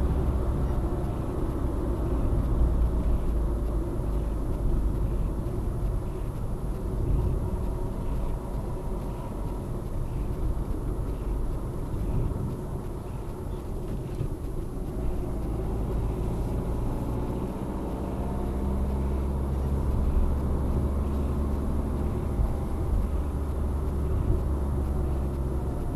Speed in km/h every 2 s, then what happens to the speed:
72, 65, 57, 51, 50, 49, 46, 42, 46, 51, 53, 55, 55.
0-6 brakes to 51. 6-11 steady at about 50. 11-13 brakes to 42. 13-20 speeds up to 53. 20-26 steady at about 55.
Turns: none.